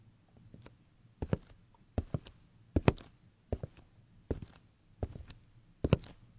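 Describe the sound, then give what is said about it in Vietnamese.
Footsteps outside fall at a slow, steady pace, about eight firm thuds spaced evenly over a faint low hum, with no voices. “Quả thực là tiếng bước chân vang lên rất rõ.”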